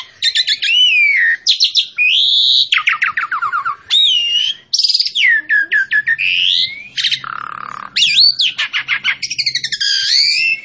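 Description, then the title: Asian pied starling in continuous, varied song: rapid chattering trills, looping whistles and sharp rising and falling notes with hardly a pause. Recording used as a master for training captive birds. "Masteran Ampuh Jalak Suren"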